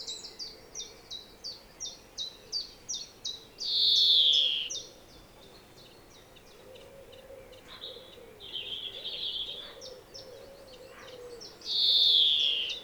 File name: Chloris chloris